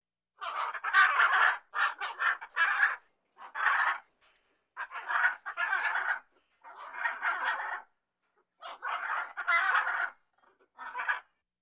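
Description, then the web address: Parrot talking, a string of harsh phrases in several short bursts separated by brief silent gaps. "macaw blue amazon talk"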